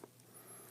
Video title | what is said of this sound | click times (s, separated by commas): Transformers 4: Age of Extinction - Deluxe SLUG | and uh sometimes you'll hear an audible click sometimes it'll just snap it pop in there we go | 0.0 s